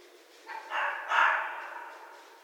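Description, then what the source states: Red fox barking: a short rasping note followed by two louder harsh barks in quick succession, fading into quiet hiss. Recorded 11 January 2012.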